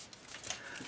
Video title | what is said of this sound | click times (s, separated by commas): 史上最帅的副官！变形金刚BingoToys爵士玩具开箱 | 上去以后，其实里边的轴是有弹簧的，所以扣到位有吧嘚一下的锁定感。 | 0.5 s